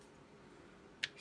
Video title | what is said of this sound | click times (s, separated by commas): Bushnell Engage 4-16x44 | will not move if they're down you want to adjust just pull | 1.0 s